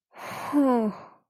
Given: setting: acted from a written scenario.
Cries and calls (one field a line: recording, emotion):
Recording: vocal sound without words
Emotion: sadness